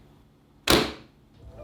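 A combination-lock latch on a hard lens carrying case, with its code set to zero, is released and snaps open with a sharp, bright click at 0.7 s that rings down over about a third of a second. A much fainter short tick follows at about 1.7 s, and the latch is left open.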